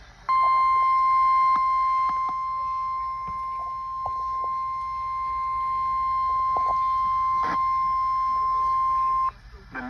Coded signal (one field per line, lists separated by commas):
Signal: Emergency Alert System (SAME) tones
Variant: 1050 Hz attention tone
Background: speech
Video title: Sterling Shenanigans...EAS Alerts From May 26, 2021 (EAS #1153-1166)